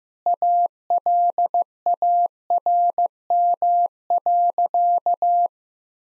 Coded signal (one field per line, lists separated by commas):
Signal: Morse code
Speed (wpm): 15 wpm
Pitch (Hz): 700 Hz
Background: none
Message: ALARM.